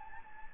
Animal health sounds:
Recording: mosquito wingbeat signal from an infrared sensor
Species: Anopheles gambiae

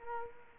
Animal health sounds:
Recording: mosquito wingbeat signal from an infrared sensor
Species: Culex quinquefasciatus

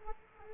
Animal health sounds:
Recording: mosquito wingbeat signal from an infrared sensor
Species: Culex quinquefasciatus

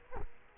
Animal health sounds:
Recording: mosquito wingbeat signal from an infrared sensor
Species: Culex quinquefasciatus

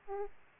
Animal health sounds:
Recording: mosquito wingbeat signal from an infrared sensor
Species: Aedes aegypti

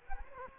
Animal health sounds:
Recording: mosquito wingbeat signal from an infrared sensor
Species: Culex quinquefasciatus

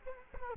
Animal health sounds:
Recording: mosquito wingbeat signal from an infrared sensor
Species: Culex quinquefasciatus

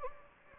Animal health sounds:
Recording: mosquito wingbeat signal from an infrared sensor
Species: Anopheles gambiae

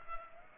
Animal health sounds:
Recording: mosquito wingbeat signal from an infrared sensor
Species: Culex pipiens

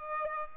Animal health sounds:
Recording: mosquito wingbeat signal from an infrared sensor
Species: Aedes albopictus

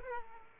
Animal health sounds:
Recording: mosquito wingbeat signal from an infrared sensor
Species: Aedes aegypti

